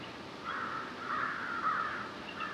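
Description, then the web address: Crow cawing: a few hoarse, harsh caws over a steady background hiss. "Electra Quinney. Crows Eagle"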